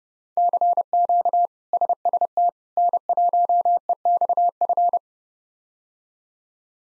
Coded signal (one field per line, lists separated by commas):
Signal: Morse code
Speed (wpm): 30 wpm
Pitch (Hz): 700 Hz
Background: none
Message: CQ SST N1EXF